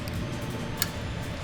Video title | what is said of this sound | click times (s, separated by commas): Finalizing Our 2JZ BMW F30 Builds! | I heard it click there it is | 0.8 s